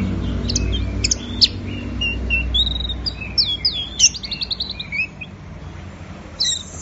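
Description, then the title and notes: Orange-headed thrush song of high chirps and short trills over a low background rumble. Orange-headed thrush in full song (gacor teler), offered as a training recording for songbirds; from an offline thrush-sound collection. "Anis Merah Gacor Teler. Kumpulan Suara Burung Anis"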